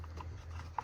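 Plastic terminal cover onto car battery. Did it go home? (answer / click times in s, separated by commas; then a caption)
no / none. A plastic terminal cover is handled onto the new battery of a 2014–2018 GMC Sierra or Chevrolet Silverado. A steady low hum runs under faint handling noise, with two short sharp ticks at about 0.8 s. Nothing has seated or clicked yet.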